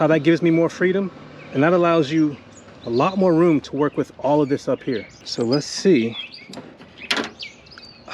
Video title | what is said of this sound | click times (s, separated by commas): My 89 Chevy Truck gets a new DOOR HANDLE & STRIKER | did it go all the way in? It didn't go all the way in. You telling me I got another one that won't snap all the way in? | 7.1 s